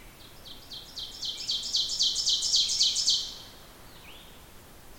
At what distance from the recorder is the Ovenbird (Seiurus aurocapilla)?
about 15 m